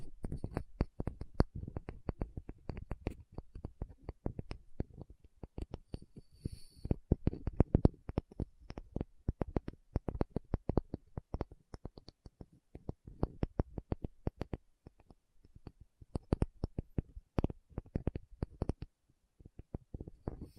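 Rapid fingertip tapping, dense and slightly irregular, with sharp low thuds and brief brighter clicks continuing steadily throughout, occasionally pausing briefly.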